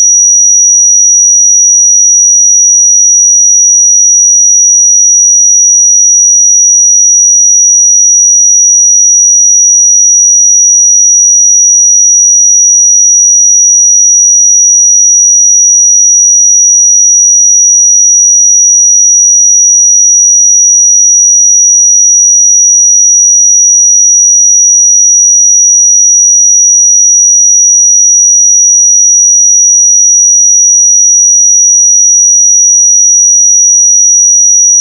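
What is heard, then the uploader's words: A pure 5801 Hz sine tone holds perfectly steady and bright for the whole clip, unchanging in pitch and loudness, with nothing else present. 5801 Hz 1 Hz Interval Sine Pure Tone Frequency 441000 Sample Mono.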